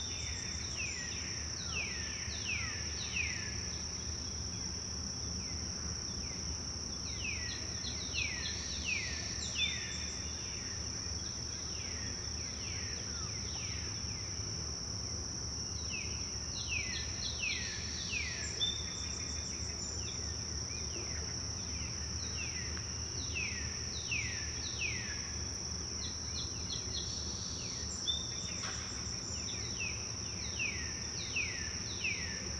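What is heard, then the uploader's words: Birds and insects in the woods: a steady, high insect whine runs throughout while many birds call in quick, repeated downward chirps, coming in busy bursts and pauses. A low rumble of distant noise sits underneath the whole time. Birds and Insects in the Woods.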